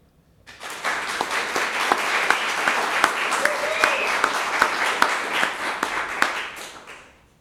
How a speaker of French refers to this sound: Et là, on va se mettre à applaudir. Je vais lever la main parce que un talk show. C'est niaiseux, mais tout le monde applaudit. Ils n'ont rien fait encore, mais tout le monde applaudit.